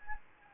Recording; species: mosquito wingbeat signal from an infrared sensor; Anopheles gambiae